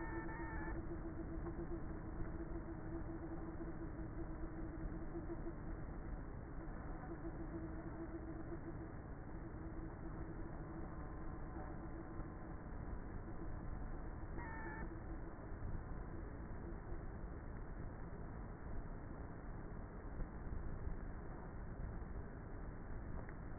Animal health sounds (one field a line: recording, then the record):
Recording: honeybee colony, microphone inside the hive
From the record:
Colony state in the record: queenless with a low population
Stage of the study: before two queens were removed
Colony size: about 30,000 bees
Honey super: no